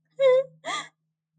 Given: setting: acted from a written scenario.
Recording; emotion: vocal sound without words; sadness